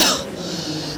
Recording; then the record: coughing mixed with background sound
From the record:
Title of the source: November cold (wet coughing)